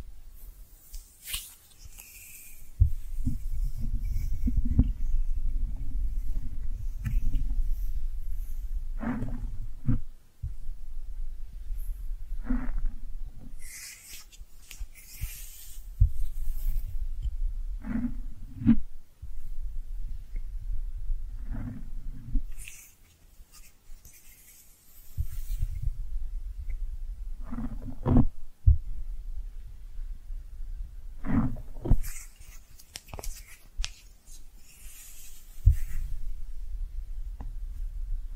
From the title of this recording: Cozy Brushing, Squishy Triggers